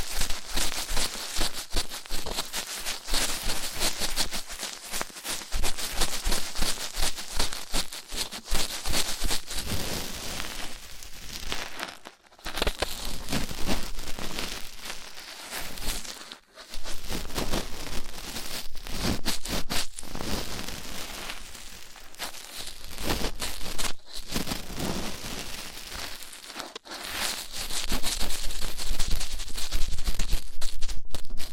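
Rough ear cleaning makes a dense, scratchy rustling and crackling that runs almost without pause for the whole stretch. The scraping comes in quick, irregular bursts, bright and hissy, with brief silent gaps near 12, 16 and 27 seconds before the rubbing resumes.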